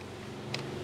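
While repairing a small-engine recoil starter, the starter rope is hooked and pulled into place on the pulley, with a steady low hum underneath. A short, sharp click sounds at 0.5 s as the rope fits into the pulley notch and seats.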